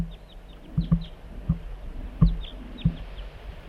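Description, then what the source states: Crossbill calls: a series of short, down-slurred notes, with low thumps and rumbling noise beneath. Juvenile perched in a dead snag on a hilltop near a decoy setup.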